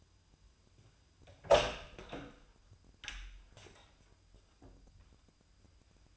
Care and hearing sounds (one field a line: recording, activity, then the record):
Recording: daily activity, microphone in the room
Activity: open door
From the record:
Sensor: 2